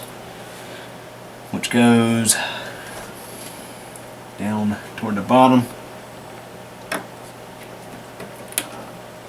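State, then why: Seated. While reassembling a 2019 GE microwave oven being repaired because its magnetron runs even when off, a wiring harness's plastic connector is routed down toward the bottom of the control board and pushed onto the board's header. Someone talks over a steady low hum, with a few small ticks of handling around 4.0 s, 5.0 s and 6.9 s. A sharp snap at 8.6 s marks the connector seating in place.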